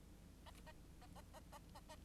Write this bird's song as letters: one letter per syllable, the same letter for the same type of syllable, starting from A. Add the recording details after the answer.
A A A A A A A A. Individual Bird9